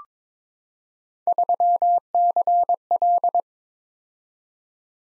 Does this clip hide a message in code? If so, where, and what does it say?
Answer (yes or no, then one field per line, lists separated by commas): yes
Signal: Morse code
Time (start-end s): 1.3-3.4 s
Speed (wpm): 22 wpm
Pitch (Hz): 700 Hz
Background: none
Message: 3CL